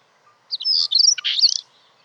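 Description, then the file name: European stonechat song: a single brisk, scratchy warble of high squeaky notes lasting about a second. "svarthakad buskskvatta"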